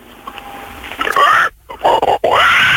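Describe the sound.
A person's voice mimics a pig squealing in three loud, high, wavering bursts with short gaps between them, following a faint quieter lead-in.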